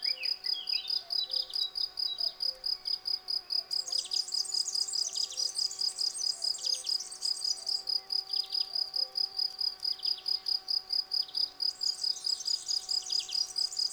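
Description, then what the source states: Field cricket stridulating in regular high chirps throughout, a twittering bird song joining in the middle and again near the end. Several field crickets singing from a lawn in a garden at Val Maravel, 18 April 2020, singing for three days; fresh new wings giving clear stridulation; recorded on a Nagra Seven with cardioid MKH40 microphone.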